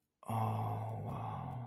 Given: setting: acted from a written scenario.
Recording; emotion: vocal sound without words; romantic love